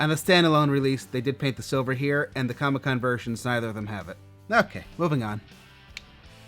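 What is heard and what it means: Someone talks over steady background music, then the talking stops. A plastic part that came off a Power Rangers Lightning Collection action figure while it was being handled is pushed back into place. It snaps back in with a short, sharp click at 6.0 s.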